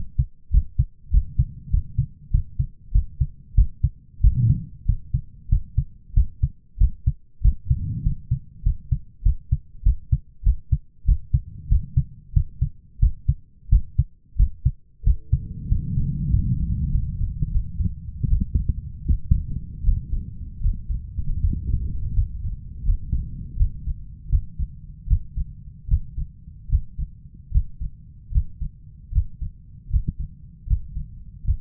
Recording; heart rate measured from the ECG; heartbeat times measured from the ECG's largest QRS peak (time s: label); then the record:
heart sounds by stethoscope; 87 bpm
0.51 s: heartbeat
1.11 s: heartbeat
1.70 s: heartbeat
2.31 s: heartbeat
2.92 s: heartbeat
3.54 s: heartbeat
4.21 s: heartbeat
4.85 s: heartbeat
5.49 s: heartbeat
6.13 s: heartbeat
6.78 s: heartbeat
7.41 s: heartbeat
8.03 s: heartbeat
8.63 s: heartbeat
9.23 s: heartbeat
9.83 s: heartbeat
10.43 s: heartbeat
11.05 s: heartbeat
11.68 s: heartbeat
12.33 s: heartbeat
12.99 s: heartbeat
13.69 s: heartbeat
14.36 s: heartbeat
15.03 s: heartbeat
15.68 s: heartbeat
16.30 s: heartbeat
16.90 s: heartbeat
17.51 s: heartbeat
18.27 s: heartbeat
19.05 s: heartbeat
19.82 s: heartbeat
20.60 s: heartbeat
21.39 s: heartbeat
22.13 s: heartbeat
22.84 s: heartbeat
23.56 s: heartbeat
24.29 s: heartbeat
25.07 s: heartbeat
25.87 s: heartbeat
26.68 s: heartbeat
27.51 s: heartbeat
28.31 s: heartbeat
29.11 s: heartbeat
29.89 s: heartbeat
30.66 s: heartbeat
31.44 s: heartbeat
From the record:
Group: healthy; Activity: rest 0-16 s, Valsalva maneuver 16-32 s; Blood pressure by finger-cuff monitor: 143/103 mmHg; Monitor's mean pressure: 114 mmHg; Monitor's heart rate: 94 bpm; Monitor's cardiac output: 7.5 L/min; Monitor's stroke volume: 79 mL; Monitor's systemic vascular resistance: 1130 dyn s/cm5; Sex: male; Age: 23 years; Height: 179 cm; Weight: 87 kg